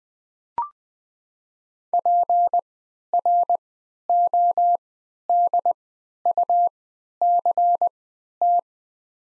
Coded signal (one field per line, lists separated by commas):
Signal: Morse code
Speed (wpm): 20 wpm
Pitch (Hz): 700 Hz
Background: none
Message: PRODUCT